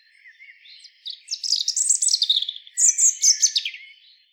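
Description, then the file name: European robin song: high, thin warbled phrases of rapid twittering notes and trills in two bursts, with a quiet background. "Erithacus rubecula"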